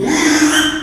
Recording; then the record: squeal of a Yucatan mini pig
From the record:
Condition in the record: after surgery on the right vocal fold (resection and tissue-engineered implant); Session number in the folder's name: 3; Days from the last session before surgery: 33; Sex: male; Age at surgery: 12 weeks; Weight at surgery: 13 kg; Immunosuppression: cyclosporine, prednisolone